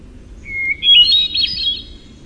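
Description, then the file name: Hermit thrush song: a steady, pure whistled opening note, then a quick fluty phrase of tumbling higher notes. "HETH song"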